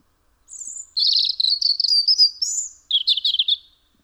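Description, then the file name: European robin singing: a high thin opening note, then a long liquid warble and a final trilled burst, over a clean quiet background. "Erithacus rubecula"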